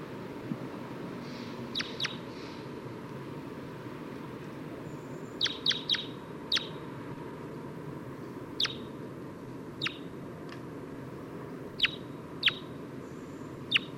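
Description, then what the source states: Crossbill uttering thin, clipped chip notes scattered singly and in small bursts throughout, against constant low-pitched background noise. Individual giving weak calls.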